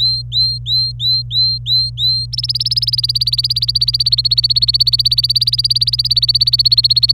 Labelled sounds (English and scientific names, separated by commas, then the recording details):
Domestic Canary (Serinus canaria) song
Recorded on 26 April 2018 at 09:39
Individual llb3